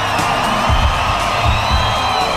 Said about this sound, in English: But right now, guys, it is time. I want you all to make some noise for me right now. I said make some noise. Scream as loud as you can, Ibiza Rocks.